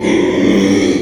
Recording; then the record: squeal of a Yucatan mini pig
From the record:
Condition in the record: after surgery on the right vocal fold (resection and tissue-engineered implant); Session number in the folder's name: 2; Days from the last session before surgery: 13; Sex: male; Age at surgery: 12 weeks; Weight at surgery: 13 kg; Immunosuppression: cyclosporine, prednisolone